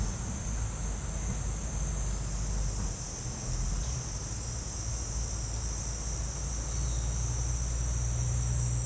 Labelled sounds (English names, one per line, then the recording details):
none
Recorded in secondary vegetation near Puerto Asís, Putumayo, Colombia, on 19 March 2025 at 09:00
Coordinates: 0.485, -76.322
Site G040